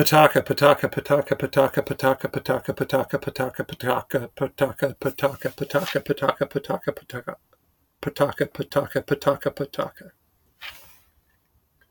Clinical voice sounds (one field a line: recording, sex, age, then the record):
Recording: repeated syllables /pa ta ka/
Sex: male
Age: 40 to 49 years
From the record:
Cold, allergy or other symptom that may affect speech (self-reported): no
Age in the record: 41 years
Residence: California, United States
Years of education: 16